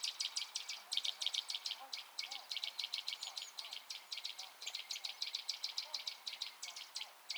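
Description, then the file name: Eurasian nuthatch calling in a steady run of rapid, high, sharp notes, several per second, continuing without a break. "Sitta europaea"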